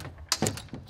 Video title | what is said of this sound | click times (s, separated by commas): Patient Cot, Cot Mount & Patient Restraint | Let's lock it into place, and as you heard the snap, it's locked. | 0.3 s